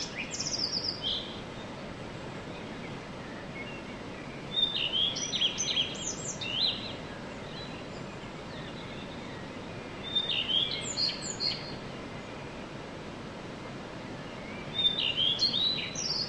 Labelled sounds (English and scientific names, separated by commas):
Common Redstart (Phoenicurus phoenicurus)